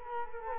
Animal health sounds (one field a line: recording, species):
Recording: mosquito wingbeat signal from an infrared sensor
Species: Culex quinquefasciatus